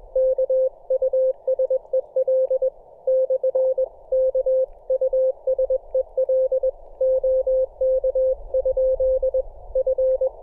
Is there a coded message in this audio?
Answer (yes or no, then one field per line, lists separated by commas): yes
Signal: Morse code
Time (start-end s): 0.2-10.3 s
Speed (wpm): 20 wpm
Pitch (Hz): 520 Hz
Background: none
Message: KUSEL / K USEL OK? F